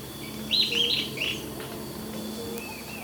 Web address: Natures Songs S America Birds of Ecuador 3 Sooty-Headed Tyrannulet